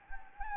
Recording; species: mosquito wingbeat signal from an infrared sensor; Anopheles gambiae